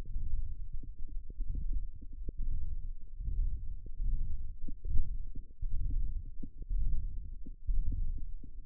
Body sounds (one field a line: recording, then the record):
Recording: forearm muscle sounds (acoustic myography)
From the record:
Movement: ulnar deviation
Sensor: system 1, eight BSWA MPA416 microphones around the upper forearm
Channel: 8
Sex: male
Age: 23 years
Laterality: right